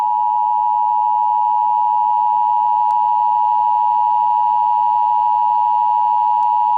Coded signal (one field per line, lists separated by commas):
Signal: Emergency Alert System (SAME) tones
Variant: 853 and 960 Hz attention tone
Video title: EAS Scenario 4: Blood Cats III:The Fall Of New York City